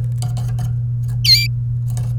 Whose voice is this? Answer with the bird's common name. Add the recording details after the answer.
Domestic Canary. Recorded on 27 April 2018 at 17:03. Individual llb3